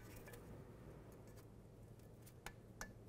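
The electrical connector of an ABS wheel speed sensor on a 2005-2009 Chevy Equinox is handled against the vehicle wiring harness plug, with steady low handling noise throughout. Two short, sharp ticks come at about 2.5 s and 2.8 s. The connector has not seated or clicked in yet.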